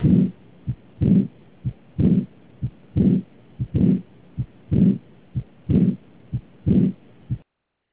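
An adult heart heard through a stethoscope, beating regularly at about 62 a minute. In each cycle a long, harsh, blowing sound is followed by a short low thump. This is an aortic regurgitation murmur, with blood leaking back through the aortic valve while the heart relaxes.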